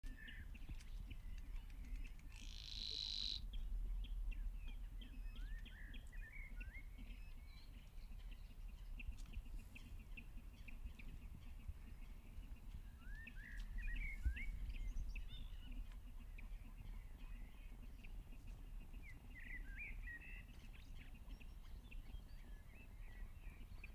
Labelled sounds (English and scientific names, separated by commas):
Savi's Warbler (Locustella luscinioides) song